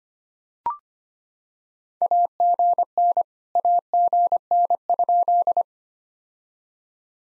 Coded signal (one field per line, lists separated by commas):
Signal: Morse code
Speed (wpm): 26 wpm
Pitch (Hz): 700 Hz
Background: none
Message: AGN AGN?